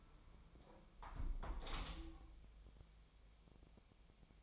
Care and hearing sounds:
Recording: daily activity, microphone in the room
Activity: close window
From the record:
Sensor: 1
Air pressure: 1015.0 hPa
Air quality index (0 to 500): 26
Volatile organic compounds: 1 ppm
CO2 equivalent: 512 ppm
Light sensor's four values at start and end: 11/26/10/11 and 11/25/10/11

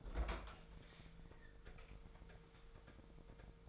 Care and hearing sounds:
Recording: daily activity, microphone in the room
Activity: open fridge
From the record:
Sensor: 5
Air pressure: 1014.9 hPa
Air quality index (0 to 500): 176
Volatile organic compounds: 6 ppm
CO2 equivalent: 1939 ppm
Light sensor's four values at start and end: 54/126/52/55 and 58/134/56/60

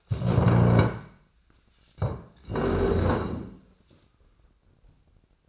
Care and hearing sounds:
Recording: daily activity, microphone in the room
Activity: stand up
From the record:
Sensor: 2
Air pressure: 1012.2 hPa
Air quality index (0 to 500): 166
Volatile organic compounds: 2 ppm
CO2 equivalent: 1216 ppm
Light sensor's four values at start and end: 43/113/48/54 and 60/141/64/79

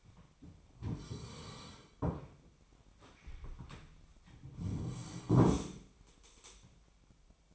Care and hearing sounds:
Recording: daily activity, microphone in the room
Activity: sit down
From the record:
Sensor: 1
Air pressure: 1007.9 hPa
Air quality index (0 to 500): 192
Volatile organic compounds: 17 ppm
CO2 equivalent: 2594 ppm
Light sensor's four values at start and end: 13/32/13/14 and 13/33/13/14

